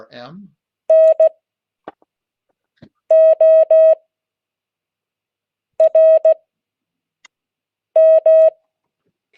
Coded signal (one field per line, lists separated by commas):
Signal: Morse code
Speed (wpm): 16 wpm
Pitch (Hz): 640 Hz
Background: speech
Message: NORM